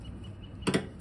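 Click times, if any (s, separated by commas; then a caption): 0.7 s. A plastic fuel-line quick connector on the fuel tank of a 2022 Super Tenere ES motorcycle has its blue release tab pushed in with both hands so the clips let go and the line can come off. After a quiet low background, two short sharp clicks ring out at 0.7 s and 0.8 s, and the connector is released.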